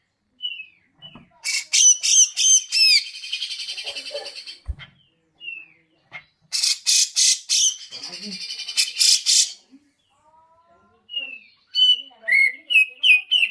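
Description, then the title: Grey-cheeked bulbul song in loud bursts of harsh, chattering harmonic notes, with short thin whistled notes between bursts. Masteran song of long duration. "Cucak Jenggot Masteran Durasi Panjang"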